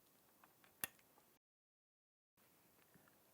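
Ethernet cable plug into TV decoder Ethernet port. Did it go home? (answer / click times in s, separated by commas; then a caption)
yes / 0.8 s. A plastic RJ45 plug on an Ethernet cable is pushed into the Ethernet port of a TV decoder, with faint small ticks at 0.4 s and 0.6 s before a sharp, bright click at 0.8 s as the latch snaps home. The plug is seated. The quiet background then cuts to complete silence for about a second before the low hiss returns with a few faint ticks.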